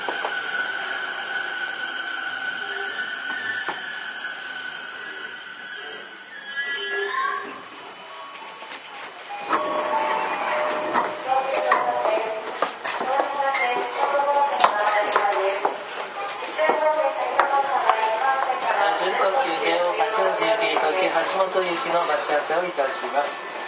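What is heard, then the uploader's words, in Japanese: A Toei 10-300 series train hums with steady tones, then after ten seconds busy chattering sounds and clatter fill the carriage. 都営10-300形(3次車) 新線新宿〜高尾山口。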